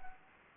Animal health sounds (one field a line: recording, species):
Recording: mosquito wingbeat signal from an infrared sensor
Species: Anopheles arabiensis